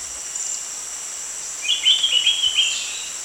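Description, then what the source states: Spectacled bulbul call: a single burst of quick, chattering chirps lasting about a second, in the second half, over a steady high insect drone. Recorded at Danum on 1 January 2008.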